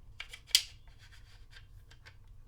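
A resin-printed extension bar is pushed onto a replica pistol frame over a lined-up spring and rails, with faint scraping and light ticks as it slides into place. A sharp, loud snap at 0.6 s marks the bar seating and locking in place, and a softer click follows near 2.5 s.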